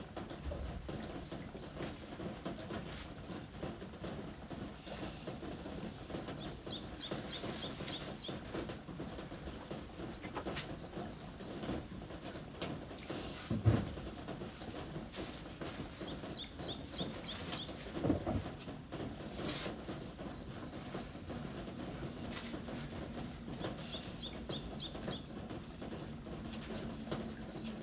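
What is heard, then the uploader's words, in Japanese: Vegetables are being weighed and bagged under a front-door eave, with steady rustling and handling noises throughout. Birds chirp in short repeated phrases around 6–8, 16 and 24 seconds, and a few louder thumps land near 13 and 18 seconds. 玄関の軒下で、収穫してきた野菜たちの出荷準備をしています。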